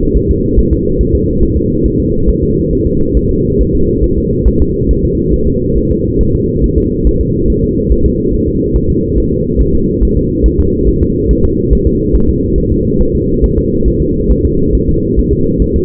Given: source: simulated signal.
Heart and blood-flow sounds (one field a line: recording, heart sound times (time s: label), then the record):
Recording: fetal heart sounds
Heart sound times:
0.17 s: S1
0.31 s: S2
0.59 s: S1
0.73 s: S2
1.01 s: S1
1.15 s: S2
1.43 s: S1
1.57 s: S2
1.86 s: S1
2.00 s: S2
2.29 s: S1
2.43 s: S2
2.73 s: S1
2.87 s: S2
3.17 s: S1
3.31 s: S2
3.61 s: S1
3.75 s: S2
4.04 s: S1
4.18 s: S2
4.48 s: S1
4.62 s: S2
4.91 s: S1
5.05 s: S2
5.34 s: S1
5.48 s: S2
5.77 s: S1
5.91 s: S2
6.21 s: S1
6.35 s: S2
6.64 s: S1
6.78 s: S2
7.07 s: S1
7.21 s: S2
7.50 s: S1
7.64 s: S2
7.92 s: S1
8.06 s: S2
8.34 s: S1
8.48 s: S2
8.76 s: S1
8.90 s: S2
9.18 s: S1
9.32 s: S2
9.61 s: S1
9.75 s: S2
10.03 s: S1
10.17 s: S2
10.46 s: S1
10.60 s: S2
10.88 s: S1
11.03 s: S2
11.31 s: S1
11.45 s: S2
11.73 s: S1
11.87 s: S2
12.16 s: S1
12.30 s: S2
12.58 s: S1
12.72 s: S2
13.01 s: S1
13.15 s: S2
13.44 s: S1
13.58 s: S2
13.88 s: S1
14.02 s: S2
14.31 s: S1
14.45 s: S2
14.75 s: S1
14.89 s: S2
15.19 s: S1
15.33 s: S2
15.62 s: S1
15.76 s: S2
From the record:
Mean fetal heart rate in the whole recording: 140 bpm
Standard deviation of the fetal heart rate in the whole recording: 2 bpm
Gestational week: 34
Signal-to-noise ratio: -15.3 dB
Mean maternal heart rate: 72 bpm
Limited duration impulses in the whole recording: present